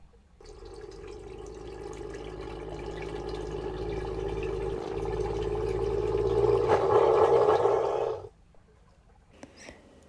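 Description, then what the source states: Harbor seal underwater vocalization: a sustained low drone about eight seconds long, steadily swelling in loudness before stopping abruptly, followed by a faint sound. Underwater vocalization of a male harbor seal, recorded in 2000.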